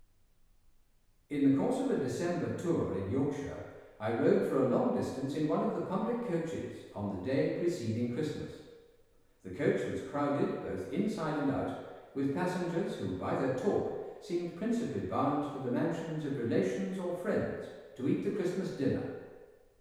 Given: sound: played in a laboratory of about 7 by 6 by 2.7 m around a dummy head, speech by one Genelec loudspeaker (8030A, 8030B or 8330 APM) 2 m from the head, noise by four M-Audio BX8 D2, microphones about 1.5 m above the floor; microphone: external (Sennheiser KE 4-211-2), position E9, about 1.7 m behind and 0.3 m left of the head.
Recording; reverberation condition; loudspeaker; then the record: male speech in English; high; 120 degrees to the right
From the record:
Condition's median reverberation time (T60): about 1300 ms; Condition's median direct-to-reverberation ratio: about -4.0 dB